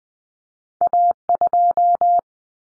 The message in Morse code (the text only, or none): A2